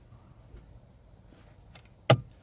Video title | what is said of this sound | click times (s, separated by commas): 2022 Honda Civic: Engine & Cabin Air Filter Replacement (DIY 5-Minute Guide) | All right. So, I hear a click. | 2.1 s